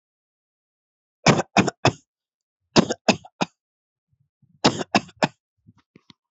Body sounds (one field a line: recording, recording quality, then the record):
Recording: shallow voluntary cough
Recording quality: excellent, no background noise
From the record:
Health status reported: healthy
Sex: male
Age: 32 years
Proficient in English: yes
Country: India